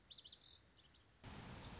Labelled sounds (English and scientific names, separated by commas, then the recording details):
Lazuli Bunting (Passerina amoena)
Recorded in Sonoma County, California